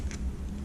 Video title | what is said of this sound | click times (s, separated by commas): Oct Hog Hunt 2017 | right in there locks right in you're not gonna have to worry about your machine dying | 0.1 s